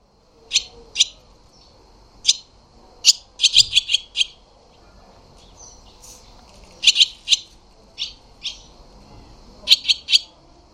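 Barn swallow calls: short, sharp chirps given singly and in quick clusters, with brief pauses between bursts.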